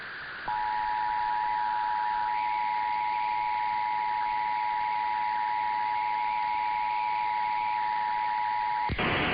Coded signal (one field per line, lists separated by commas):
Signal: Emergency Alert System (SAME) tones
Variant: 853 and 960 Hz attention tone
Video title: [EAS #2218-2237] RWTs & RMTs from the week of 2/27/23